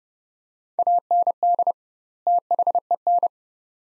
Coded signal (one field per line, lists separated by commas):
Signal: Morse code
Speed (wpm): 29 wpm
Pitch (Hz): 700 Hz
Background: none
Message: AND THEN